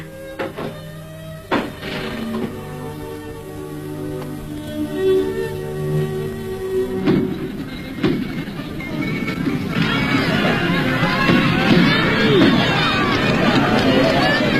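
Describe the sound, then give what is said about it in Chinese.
A large crowd gathered at a horse racecourse on a crisp, clear autumn day for an annual festival cheers, laughs and chatters, a dense roar of many voices that swells and stays loud in the second half, after an opening of steady tones and scattered knocks. “秋高气爽，景色宜人，赛马场上聚集了很多人，大家欢呼着笑着，这是他们一年一度的节日。”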